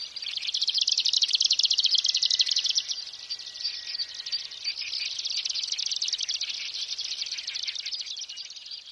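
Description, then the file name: Marsh grassbird giving a long, high, sizzling trill of rapid pulses, loudest early, then continuing softer and steadier for several more seconds. "oosekka"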